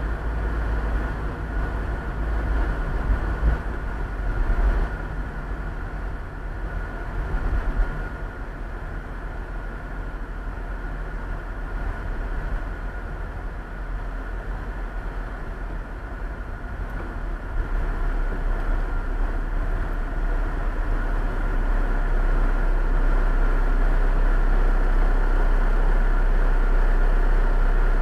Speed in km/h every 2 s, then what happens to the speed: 43, 42, 40, 33, 27, 23, 15, 10, 8, 8, 6, 4, 0, 0.
0-15 slows to 8. 15-21 steady at about 8. 21-24 slows to 0. 24-28 standing.